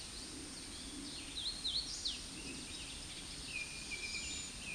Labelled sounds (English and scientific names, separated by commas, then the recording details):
Hooded Warbler (Setophaga citrina) song
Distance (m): 10 m
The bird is about 5 m above the microphone
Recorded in a Pennsylvania forest on 16 May 2024 at 07:36
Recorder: AudioMoth, point MSD-0398
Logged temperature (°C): 16.4 °C
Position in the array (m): 157 m, 89 m